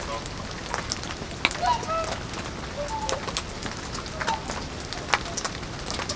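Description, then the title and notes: Whooper swans giving several short honking notes over steady hissing rain and drip patter. Whooper swans, distant, in the rain at the Peenestrom near Zemitz, Germany; recorded with a TASCAM DR100MKII internal microphone. "Zemitz, Deutschland - Singschwäne bei Regen/whooper swans in the rain. Singschwäne (entfernt) am Peenestrom bei Regen"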